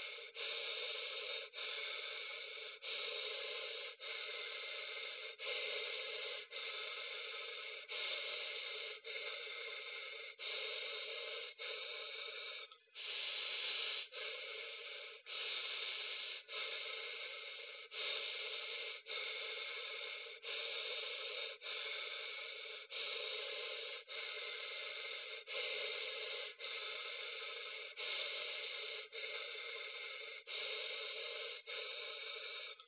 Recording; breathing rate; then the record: paced breathing near a phone; 24 breaths a minute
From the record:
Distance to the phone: 20 cm